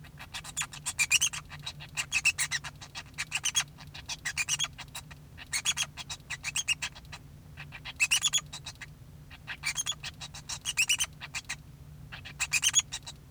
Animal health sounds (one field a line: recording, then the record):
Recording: song of a male Bengalese finch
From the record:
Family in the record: son of father 2